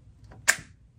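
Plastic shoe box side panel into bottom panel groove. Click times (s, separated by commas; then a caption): 0.5 s. A plastic side panel of a stackable YITAHOME shoe box is pushed into the grooves of the bottom panel. After faint shuffling, a single sharp snap lands at 0.5 s. The bottom panel is now seated and secure.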